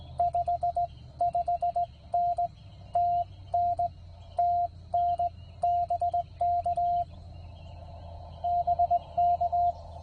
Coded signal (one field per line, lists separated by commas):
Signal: Morse code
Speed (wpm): 18 wpm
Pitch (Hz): 700 Hz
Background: none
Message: 55N TN TN BK BK